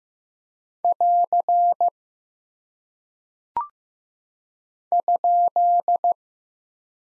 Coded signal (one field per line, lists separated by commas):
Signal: Morse code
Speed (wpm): 15 wpm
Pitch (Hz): 700 Hz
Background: none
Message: <AR> ?